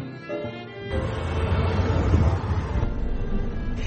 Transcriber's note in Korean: 현장음: 디즈니랜드